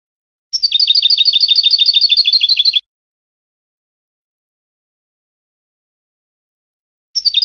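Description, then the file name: European goldfinch song, a fast, very even trill of repeated high notes for about two seconds, a long silence, then the trill starts again. "audio burung goldfinch"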